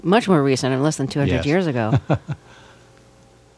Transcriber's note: laughs